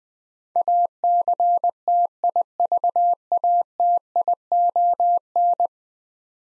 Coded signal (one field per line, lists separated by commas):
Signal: Morse code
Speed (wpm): 20 wpm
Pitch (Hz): 700 Hz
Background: none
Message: ACTIVATION